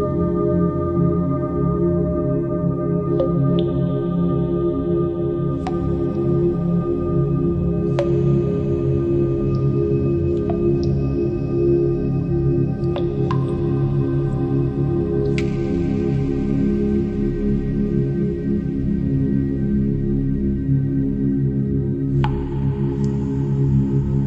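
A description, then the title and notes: Cave ambience with a deep, steady rumbling drone filling the low end throughout. Sharp, ringing water drops fall every few seconds, around 3, 6, 8, 10, 13, 15 and 22 seconds, each leaving a bright, echoing tail that lingers in the hollow space. Relaxing Cave Ambient Sounds with Water Drops Dropping.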